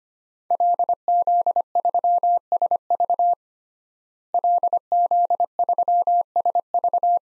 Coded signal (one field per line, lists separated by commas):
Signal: Morse code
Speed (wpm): 25 wpm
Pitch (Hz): 700 Hz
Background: none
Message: LZ3SV LZ3SV